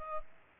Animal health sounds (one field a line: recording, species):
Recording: mosquito wingbeat signal from an infrared sensor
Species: Culex pipiens